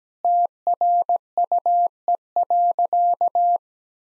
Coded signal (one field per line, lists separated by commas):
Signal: Morse code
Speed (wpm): 17 wpm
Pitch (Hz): 700 Hz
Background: none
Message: TRUE.